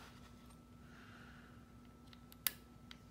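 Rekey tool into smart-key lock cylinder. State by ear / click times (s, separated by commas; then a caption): seated / 2.5 s. A metal rekey tool is pushed all the way into the small hole in the face of a Kwikset SmartKey lock cylinder, with a failed cradle, while the cylinder is turned and held in position. Over a faint steady hum, a few light ticks at about 2.1, 2.3 and 2.9 seconds surround one sharp, loud click at 2.5 seconds. The tool engages and seats in the cylinder.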